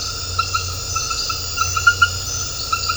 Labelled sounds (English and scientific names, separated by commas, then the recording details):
none
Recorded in dense forest near Puerto Asís, Putumayo, Colombia, on 9 March 2025 at 21:00
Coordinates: 0.468, -76.322
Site GP01